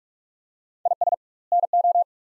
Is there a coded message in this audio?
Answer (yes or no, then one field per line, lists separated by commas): yes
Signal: Morse code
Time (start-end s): 0.9-2.0 s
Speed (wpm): 47 wpm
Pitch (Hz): 700 Hz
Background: none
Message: IS NO